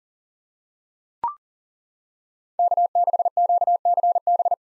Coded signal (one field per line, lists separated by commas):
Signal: Morse code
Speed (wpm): 40 wpm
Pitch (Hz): 700 Hz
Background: none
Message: K6QCB